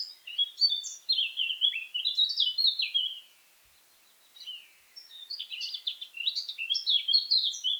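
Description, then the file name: Eurasian blackcap singing a rapid, varied warble of high chirps and slurred notes, breaking off briefly near the middle before another lively burst. "Sylvia atricapilla"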